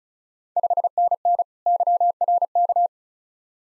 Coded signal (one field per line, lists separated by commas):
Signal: Morse code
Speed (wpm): 34 wpm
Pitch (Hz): 700 Hz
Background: none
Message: 5NN YRK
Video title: Ontario QSO Party Exchange 35wpm